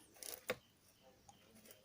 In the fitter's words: Lock ஆகிடுச்சு.